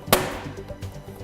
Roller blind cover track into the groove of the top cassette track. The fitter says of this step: subtle click will the note is in place so